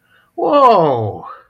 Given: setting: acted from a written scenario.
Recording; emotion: vocal sound without words; positive surprise